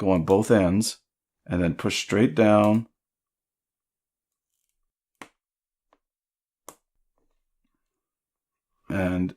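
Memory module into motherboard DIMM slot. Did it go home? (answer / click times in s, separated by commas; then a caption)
yes / 5.2 s, 6.7 s. A DDR4 memory stick is pressed straight down on both ends into a motherboard DIMM slot while someone talks. Sharp clicks are heard at 5.2 s and 6.7 s as the retention clips snap up on each side, with a faint tick between them. The stick is fully seated in the notch.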